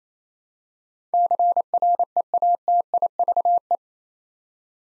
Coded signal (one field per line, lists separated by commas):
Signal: Morse code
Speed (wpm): 28 wpm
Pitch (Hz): 700 Hz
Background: none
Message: CREATIVE